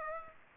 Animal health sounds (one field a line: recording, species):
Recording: mosquito wingbeat signal from an infrared sensor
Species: Aedes aegypti